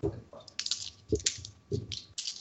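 Dice rattle and clack right up at the microphone in a quick series of sharp, bright clicking bursts, coming roughly every half second with short pauses between, and no one talking.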